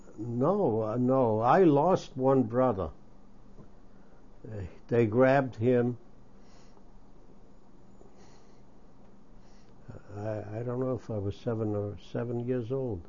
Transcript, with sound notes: No, no. I lost one brother. They grabbed him. [pause] I don't know if I was seven, or seven years old.